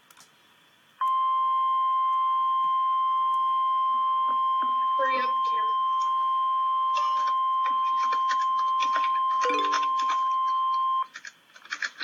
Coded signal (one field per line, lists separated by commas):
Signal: Emergency Alert System (SAME) tones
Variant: 1050 Hz attention tone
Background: speech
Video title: REAL EAS 607-Severe thunderstorm warning